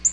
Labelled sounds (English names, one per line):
Black-throated Green Warbler flight call